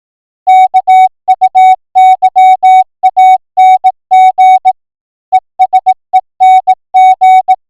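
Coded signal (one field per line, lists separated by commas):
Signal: Morse code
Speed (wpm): 18 wpm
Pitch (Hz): 750 Hz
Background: music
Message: KUYANG ESENG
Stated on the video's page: Morse alphabet A to Z sent at 10 wpm.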